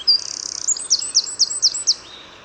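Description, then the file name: Eurasian wren delivering a fast, dry trill followed by a handful of loud, separate high notes, the phrase ending after about two seconds. "Troglodytes troglodytes"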